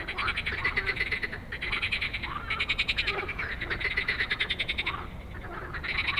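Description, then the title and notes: Frogs calling in a dense chorus, overlapping rapid pulsed croaking trains that swell and pause irregularly, with a low steady rumble beneath. Many frogs giving an evening chorus after dark in Stromovka Park, Prague, 18 May 2022, from 22:08; recorded on a Sony PCM-D100. "Stromovka Park, Prague - Frog concert at Stromovka after dark. Już z daleka słyszałem, że gdzieś blisko jest gęsto od żab i dają wieczorny koncert. I heard from afar that there is a lot of frogs somewhere near and they are giving an evening concert"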